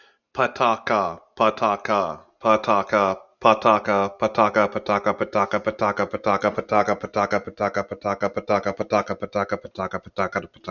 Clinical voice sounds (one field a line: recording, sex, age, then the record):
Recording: repeated syllables /pa ta ka/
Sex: male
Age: 30 to 39 years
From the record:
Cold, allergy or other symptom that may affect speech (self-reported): no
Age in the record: 34 years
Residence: United States